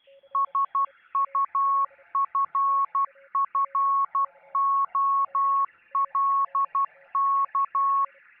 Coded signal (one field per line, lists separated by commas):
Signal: Morse code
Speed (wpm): 12 wpm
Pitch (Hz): 1100 Hz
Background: none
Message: SUFFOLK